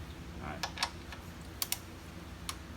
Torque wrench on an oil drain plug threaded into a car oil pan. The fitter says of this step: you hear that click after that